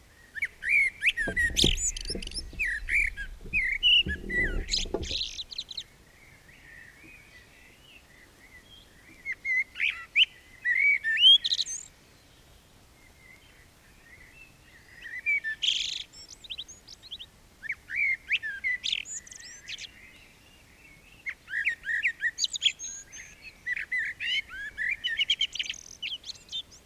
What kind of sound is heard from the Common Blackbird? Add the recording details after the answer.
song. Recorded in the wild. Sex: male. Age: adult. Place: Bielefeld-Mitte, Nordrhein-Westfalen, DE. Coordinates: 52.0078, 8.5475. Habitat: residential district. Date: 1968-04-15. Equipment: Uher 4000 Report-S, Bändchenmikro Beyer M 260, Parabolspiegel Polyester (470 mm). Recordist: Conrads, Klaus